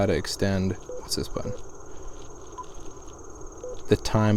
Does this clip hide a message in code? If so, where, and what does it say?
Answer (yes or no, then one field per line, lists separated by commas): no